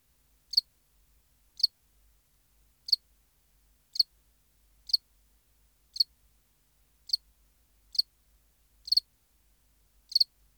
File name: Acheta domesticus